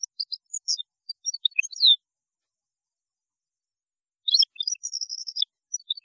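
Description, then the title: European goldfinch song in two bursts of liquid twittering notes separated by a pause of over two seconds, ending with buzzy, jangling phrases. "Chant Chardonneret"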